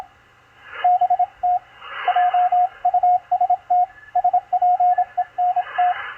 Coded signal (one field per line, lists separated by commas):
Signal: Morse code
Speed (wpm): 26 wpm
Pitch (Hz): 720 Hz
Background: radio noise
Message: BT JUST SPENT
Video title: DECODING MORSE CODE ON 20M - MACHILITE DSP SDR RECEIVER 9-16-2021